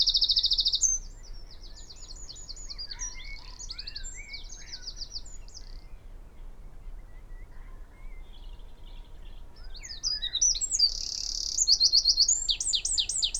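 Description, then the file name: Eurasian wren song, a high trilled burst at the start and again near the end, with softer scattered chirps between and a steady low rumble beneath. "Troglodytes troglodytes"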